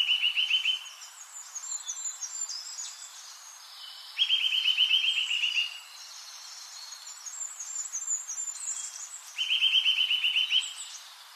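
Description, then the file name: Eurasian nuthatch repeating a rapid, even series of piping notes in three bursts about four to five seconds apart, with soft high twittering from other birds behind. "Sitta europaea"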